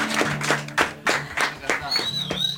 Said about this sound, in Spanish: Mirá, los chicos de Chamal, no puedo creer. Nos vinieron a visitar. Un aplauso para los chicos.